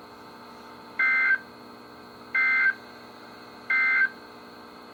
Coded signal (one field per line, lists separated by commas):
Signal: Emergency Alert System (SAME) tones